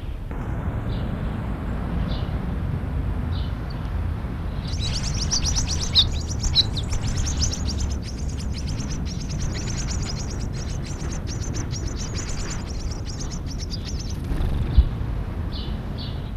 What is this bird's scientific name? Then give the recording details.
Prunella modularis. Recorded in the wild. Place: Hannover, Niedersachsen, DE. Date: 1983-08-06. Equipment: Halbspur, 9,5 cm/s. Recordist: Lütgens, Hans